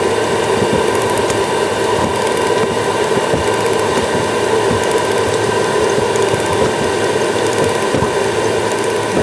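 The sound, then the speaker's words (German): Wind-up clockwork of a pollen trap drum in Vienna, which keeps the trap running, ticks steadily, a rapid run of sharp mechanical clicks over a dense, continuous whirring hum. It plays loud and unbroken, with no voices. “Man hört jetzt ein Ticken, das ist ein Uhrwerk.”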